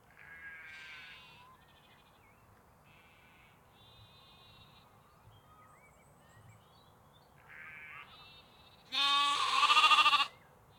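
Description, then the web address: Sheep bleating: several short, wavering harmonic bleats spaced throughout, ending in one loud, drawn-out bleat. Sheep and lambs recorded in canals, parks and forests in the UK. "344 Audio- UK Canals, Parks Forests Sheeps Lamps"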